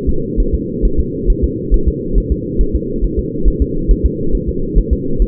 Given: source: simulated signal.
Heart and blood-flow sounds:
fetal heart sounds
0.09 s: S2
0.40 s: S1
0.54 s: S2
0.85 s: S1
1.00 s: S2
1.30 s: S1
1.44 s: S2
1.74 s: S1
1.88 s: S2
2.18 s: S1
2.32 s: S2
2.61 s: S1
2.75 s: S2
3.04 s: S1
3.19 s: S2
3.48 s: S1
3.62 s: S2
3.91 s: S1
4.06 s: S2
4.35 s: S1
4.49 s: S2
4.78 s: S1
4.93 s: S2
5.22 s: S1
From the record:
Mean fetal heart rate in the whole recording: 135 bpm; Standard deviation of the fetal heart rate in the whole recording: 3 bpm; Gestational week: 36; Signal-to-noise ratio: -8.1 dB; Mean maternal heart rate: 72 bpm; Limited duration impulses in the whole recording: absent

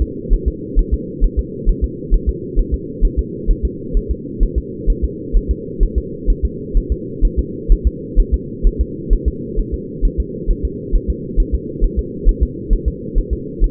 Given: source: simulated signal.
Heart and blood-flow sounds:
fetal heart sounds
0.02 s: S2
0.33 s: S1
0.48 s: S2
0.79 s: S1
0.94 s: S2
1.24 s: S1
1.39 s: S2
1.69 s: S1
1.84 s: S2
2.14 s: S1
2.29 s: S2
2.59 s: S1
2.74 s: S2
3.05 s: S1
3.19 s: S2
3.50 s: S1
3.65 s: S2
3.97 s: S1
4.11 s: S2
4.43 s: S1
4.58 s: S2
4.90 s: S1
5.04 s: S2
5.36 s: S1
5.51 s: S2
5.83 s: S1
5.98 s: S2
6.30 s: S1
6.45 s: S2
6.77 s: S1
6.92 s: S2
7.25 s: S1
7.39 s: S2
7.72 s: S1
7.87 s: S2
8.20 s: S1
8.34 s: S2
8.67 s: S1
8.81 s: S2
9.13 s: S1
9.28 s: S2
9.59 s: S1
9.74 s: S2
10.05 s: S1
10.20 s: S2
10.50 s: S1
10.65 s: S2
10.95 s: S1
11.10 s: S2
11.40 s: S1
11.55 s: S2
11.84 s: S1
11.99 s: S2
12.29 s: S1
12.43 s: S2
12.73 s: S1
12.88 s: S2
13.18 s: S1
13.33 s: S2
13.64 s: S1
From the record:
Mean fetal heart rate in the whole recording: 130 bpm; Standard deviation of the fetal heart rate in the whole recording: 2 bpm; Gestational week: 38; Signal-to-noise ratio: -4.1 dB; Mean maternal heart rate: no maternal heart sound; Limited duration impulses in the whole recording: absent

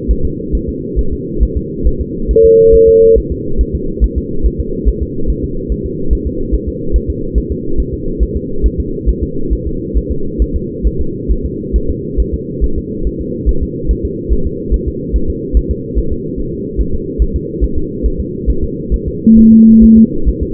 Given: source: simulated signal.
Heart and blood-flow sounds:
fetal heart sounds
0.11 s: S1
0.25 s: S2
0.55 s: S1
0.69 s: S2
0.99 s: S1
1.13 s: S2
1.43 s: S1
1.57 s: S2
1.87 s: S1
2.01 s: S2
2.31 s: S1
2.45 s: S2
2.75 s: S1
2.89 s: S2
3.18 s: S1
3.32 s: S2
3.61 s: S1
3.75 s: S2
4.04 s: S1
4.18 s: S2
4.46 s: S1
4.60 s: S2
4.89 s: S1
5.03 s: S2
5.30 s: S1
5.44 s: S2
5.72 s: S1
5.86 s: S2
6.13 s: S1
6.27 s: S2
6.55 s: S1
6.69 s: S2
6.96 s: S1
7.10 s: S2
7.38 s: S1
7.52 s: S2
7.80 s: S1
7.94 s: S2
8.23 s: S1
8.37 s: S2
8.66 s: S1
8.80 s: S2
9.09 s: S1
9.23 s: S2
9.53 s: S1
9.67 s: S2
9.97 s: S1
10.12 s: S2
10.42 s: S1
10.56 s: S2
10.87 s: S1
11.01 s: S2
11.31 s: S1
11.45 s: S2
11.76 s: S1
11.90 s: S2
12.20 s: S1
12.34 s: S2
12.64 s: S1
12.78 s: S2
13.07 s: S1
13.21 s: S2
13.49 s: S1
13.63 s: S2
13.91 s: S1
14.05 s: S2
14.33 s: S1
14.47 s: S2
14.74 s: S1
14.88 s: S2
15.16 s: S1
15.30 s: S2
15.57 s: S1
15.71 s: S2
15.99 s: S1
16.12 s: S2
16.40 s: S1
16.53 s: S2
16.81 s: S1
16.95 s: S2
17.22 s: S1
17.36 s: S2
17.64 s: S1
17.78 s: S2
18.06 s: S1
18.20 s: S2
18.50 s: S1
18.64 s: S2
18.94 s: S1
19.08 s: S2
19.39 s: S1
19.53 s: S2
19.84 s: S1
19.98 s: S2
20.28 s: S1
20.43 s: S2
From the record:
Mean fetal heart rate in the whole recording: 140 bpm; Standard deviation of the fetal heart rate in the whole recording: 2 bpm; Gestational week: 34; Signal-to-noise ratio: -8.1 dB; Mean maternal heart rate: 72 bpm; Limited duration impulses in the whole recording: present

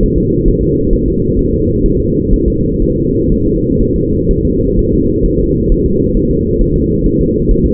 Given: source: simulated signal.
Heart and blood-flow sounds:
fetal heart sounds
0.03 s: S1
0.18 s: S2
0.48 s: S1
0.63 s: S2
0.94 s: S1
1.08 s: S2
1.39 s: S1
1.54 s: S2
1.86 s: S1
2.00 s: S2
2.34 s: S1
2.48 s: S2
2.82 s: S1
2.97 s: S2
3.32 s: S1
3.46 s: S2
3.82 s: S1
3.96 s: S2
4.31 s: S1
4.45 s: S2
4.79 s: S1
4.93 s: S2
5.26 s: S1
5.40 s: S2
5.72 s: S1
5.86 s: S2
6.17 s: S1
6.31 s: S2
6.62 s: S1
6.76 s: S2
7.06 s: S1
7.21 s: S2
7.51 s: S1
7.66 s: S2
From the record:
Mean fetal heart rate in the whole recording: 130 bpm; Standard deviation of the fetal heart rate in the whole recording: 4 bpm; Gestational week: 38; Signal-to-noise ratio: -10.2 dB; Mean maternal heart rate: 72 bpm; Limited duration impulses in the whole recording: present

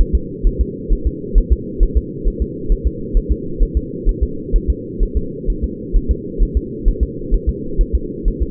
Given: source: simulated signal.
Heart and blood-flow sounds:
fetal heart sounds
0.01 s: S1
0.15 s: S2
0.47 s: S1
0.61 s: S2
0.93 s: S1
1.07 s: S2
1.38 s: S1
1.52 s: S2
1.83 s: S1
1.97 s: S2
2.28 s: S1
2.42 s: S2
2.72 s: S1
2.87 s: S2
3.17 s: S1
3.31 s: S2
3.63 s: S1
3.77 s: S2
4.09 s: S1
4.23 s: S2
4.56 s: S1
4.70 s: S2
5.03 s: S1
5.17 s: S2
5.50 s: S1
5.64 s: S2
5.96 s: S1
6.11 s: S2
6.43 s: S1
6.57 s: S2
6.88 s: S1
7.03 s: S2
7.34 s: S1
7.49 s: S2
7.81 s: S1
7.95 s: S2
8.28 s: S1
8.42 s: S2
From the record:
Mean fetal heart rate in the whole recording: 130 bpm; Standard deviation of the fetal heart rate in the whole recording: 4 bpm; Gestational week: 38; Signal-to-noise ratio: -4.3 dB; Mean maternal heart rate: 72 bpm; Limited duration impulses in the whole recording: absent

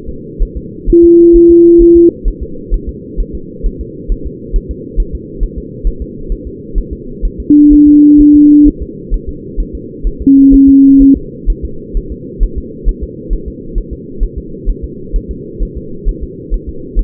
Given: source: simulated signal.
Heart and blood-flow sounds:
fetal heart sounds
0.09 s: S2
0.42 s: S1
0.57 s: S2
0.90 s: S1
1.04 s: S2
1.36 s: S1
1.51 s: S2
1.82 s: S1
1.97 s: S2
2.28 s: S1
2.43 s: S2
2.74 s: S1
2.89 s: S2
3.20 s: S1
3.35 s: S2
3.66 s: S1
3.81 s: S2
4.12 s: S1
4.26 s: S2
4.56 s: S1
4.71 s: S2
5.00 s: S1
5.15 s: S2
5.43 s: S1
5.58 s: S2
5.87 s: S1
6.02 s: S2
6.32 s: S1
6.47 s: S2
6.78 s: S1
6.93 s: S2
7.25 s: S1
7.40 s: S2
7.73 s: S1
7.88 s: S2
8.21 s: S1
8.35 s: S2
8.68 s: S1
8.82 s: S2
9.14 s: S1
9.29 s: S2
9.60 s: S1
9.75 s: S2
10.07 s: S1
10.22 s: S2
10.54 s: S1
10.69 s: S2
11.02 s: S1
11.17 s: S2
11.50 s: S1
11.65 s: S2
11.97 s: S1
12.12 s: S2
12.43 s: S1
12.58 s: S2
12.89 s: S1
13.03 s: S2
13.33 s: S1
13.48 s: S2
13.78 s: S1
13.93 s: S2
14.23 s: S1
14.38 s: S2
14.69 s: S1
14.84 s: S2
15.16 s: S1
15.31 s: S2
15.63 s: S1
15.77 s: S2
16.09 s: S1
16.23 s: S2
16.54 s: S1
16.69 s: S2
16.99 s: S1
From the record:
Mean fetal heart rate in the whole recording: 130 bpm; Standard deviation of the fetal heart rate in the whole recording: 4 bpm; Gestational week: 38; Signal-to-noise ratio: -4.3 dB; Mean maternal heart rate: 72 bpm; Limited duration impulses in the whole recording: present

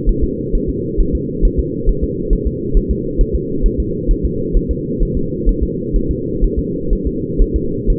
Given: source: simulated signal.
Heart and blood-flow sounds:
fetal heart sounds
0.09 s: S1
0.24 s: S2
0.55 s: S1
0.69 s: S2
1.00 s: S1
1.15 s: S2
1.45 s: S1
1.59 s: S2
1.89 s: S1
2.04 s: S2
2.33 s: S1
2.47 s: S2
2.77 s: S1
2.91 s: S2
3.21 s: S1
3.35 s: S2
3.66 s: S1
3.80 s: S2
4.11 s: S1
4.25 s: S2
4.56 s: S1
4.71 s: S2
5.02 s: S1
5.17 s: S2
5.49 s: S1
5.63 s: S2
5.96 s: S1
6.11 s: S2
6.44 s: S1
6.59 s: S2
6.93 s: S1
7.07 s: S2
7.42 s: S1
7.56 s: S2
7.90 s: S1
From the record:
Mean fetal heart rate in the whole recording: 130 bpm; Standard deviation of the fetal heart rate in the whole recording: 4 bpm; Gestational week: 38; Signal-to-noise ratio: -6.6 dB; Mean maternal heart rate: 72 bpm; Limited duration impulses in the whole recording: present

